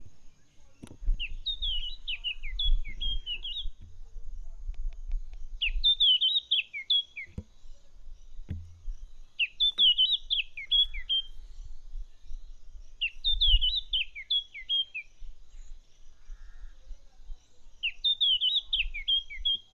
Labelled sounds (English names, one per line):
Red-backed Scrub-Robin